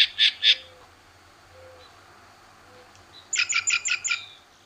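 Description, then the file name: Green Jay harsh calls: three quick rasping notes open, faint low whistles follow in a pause, then a rapid run of several scratchy notes. Dated 7 December 2001. "2001-12-07 Green Jay"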